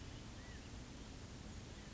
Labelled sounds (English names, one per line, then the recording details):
California Quail
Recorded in Sonoma County, California